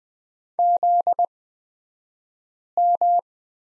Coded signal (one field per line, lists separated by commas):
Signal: Morse code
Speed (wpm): 20 wpm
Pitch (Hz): 700 Hz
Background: none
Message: ZM